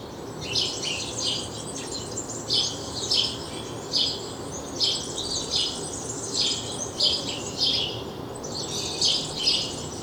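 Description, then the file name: House sparrow calls, bursts of harsh overlapping chirps in groups, against low steady background noise. "Passer domesticus"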